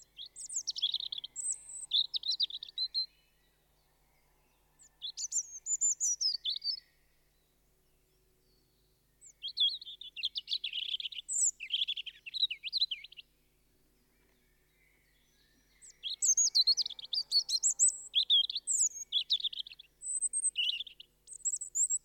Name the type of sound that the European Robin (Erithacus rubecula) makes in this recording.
song